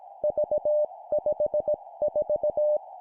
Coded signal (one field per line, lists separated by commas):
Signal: Morse code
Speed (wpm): 18 wpm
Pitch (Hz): 600 Hz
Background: none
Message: V54